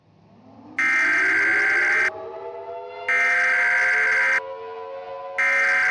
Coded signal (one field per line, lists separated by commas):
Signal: Emergency Alert System (SAME) tones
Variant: header bursts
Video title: EAS Tornado Warning and Storm Sirens